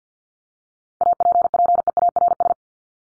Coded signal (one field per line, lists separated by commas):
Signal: Morse code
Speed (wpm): 50 wpm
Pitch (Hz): 700 Hz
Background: none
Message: APPEARS